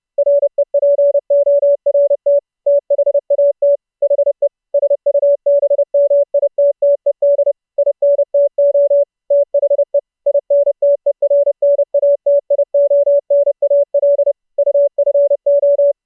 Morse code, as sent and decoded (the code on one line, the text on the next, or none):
.-. . .--. --- .-. - / - .... .- - / .... . / ... ..- -... -- .. - - . -.. / .. -. - --- / - .... . / .. -. - . .-. -. .- - .. --- -. .- .-.. / ..- ..-. ---
REPORT THAT HE SUBMITTED INTO THE INTERNATIONAL UFO